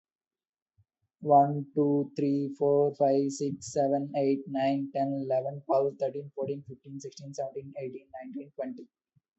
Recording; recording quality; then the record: counting at a normal pace; excellent, no background noise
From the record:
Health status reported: healthy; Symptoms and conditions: none ticked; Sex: male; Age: 25 years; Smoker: not ticked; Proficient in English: yes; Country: India